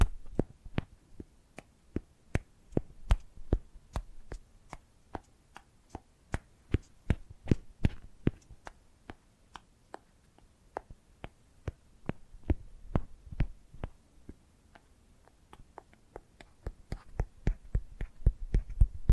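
Ear scratching and brushing sounds come as a steady run of sharp, crisp ticks and scrapes, two or three per second, over a soft low rumble. Around the middle the strokes grow sparser and quieter, then pick up again and become denser toward the end.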